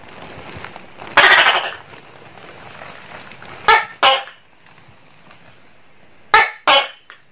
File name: suara tokek seram